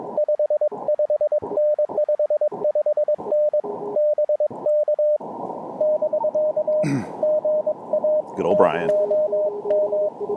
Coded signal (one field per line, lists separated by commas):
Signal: Morse code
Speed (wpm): 22 wpm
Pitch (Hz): 610 Hz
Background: speech, radio noise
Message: 55N 55N BK <BK> GA TOM